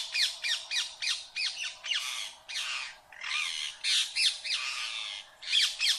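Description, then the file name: Rose-ringed parakeet calling with rapid, grating screeches, short downward-sliding notes in fast runs, some longer rasping notes mixed in. "Canto do periquito indiano"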